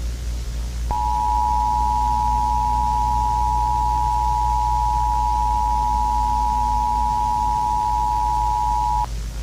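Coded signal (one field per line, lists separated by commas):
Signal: Emergency Alert System (SAME) tones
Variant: 853 and 960 Hz attention tone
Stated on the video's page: Fictional EAS scenario with simulated SAME tones; the tones are described as potentially disturbing and not meant for broadcast.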